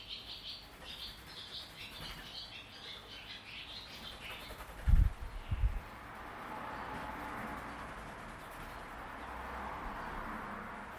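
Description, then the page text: Barn swallow twittering calls, a run of faint high chirps in the first three seconds, followed by two soft thumps and a quiet rushing hiss. Barn swallows that nest each warm season in an open house garage, recorded in 2013 flying in an upper corridor as parents gave young a flying lesson. "Barn swallows in wrong direction – Radiorobbes audio treasures"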